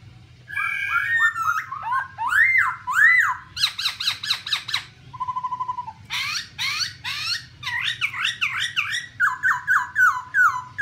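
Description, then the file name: Black-throated laughingthrush song mixing mellow whistles, harsh rasping notes, a brief fast trill, then rapid sequences of looping whistled notes. "tieng khuou bac ma hot"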